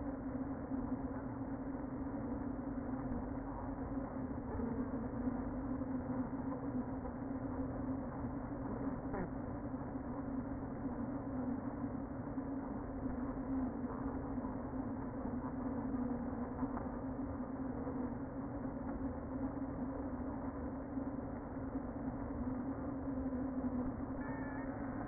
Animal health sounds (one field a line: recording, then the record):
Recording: honeybee colony, microphone inside the hive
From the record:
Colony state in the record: queen present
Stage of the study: before two queens were removed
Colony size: about 60,000 bees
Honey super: yes